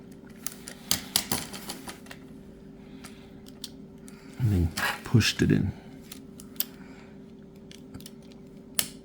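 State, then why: Seated. A small D-shaped trigger pivot shaft is lined up and pushed into the plastic trigger assembly of a PS5 controller, with light plastic ticks and handling clicks throughout and someone talking in the middle. A sharp click at 8.8 s marks the shaft seating into place.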